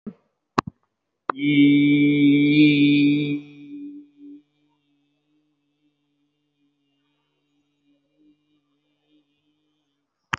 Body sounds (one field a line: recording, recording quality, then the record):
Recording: sustained vowel as in beet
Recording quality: excellent, no background noise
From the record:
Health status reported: respiratory illness, not identified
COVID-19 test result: negative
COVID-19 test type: RT-PCR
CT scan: not taken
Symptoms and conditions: cough, cold, breathing difficulty, asthma, chronic lung disease, pneumonia, hypertension, diabetes, ischaemic heart disease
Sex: male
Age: 67 years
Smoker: yes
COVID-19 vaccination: none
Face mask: worn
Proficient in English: yes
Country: India